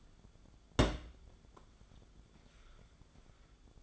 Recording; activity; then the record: daily activity, microphone in the room; place on stove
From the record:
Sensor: 5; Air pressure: 1010.4 hPa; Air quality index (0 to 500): 111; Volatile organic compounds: 2 ppm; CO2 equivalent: 1090 ppm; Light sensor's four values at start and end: 566/1435/596/685 and 551/1406/582/666